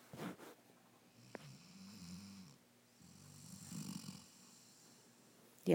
Bedtime boo with a snoring puppy that's our doggy. He's tired.